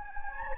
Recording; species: mosquito wingbeat signal from an infrared sensor; Anopheles gambiae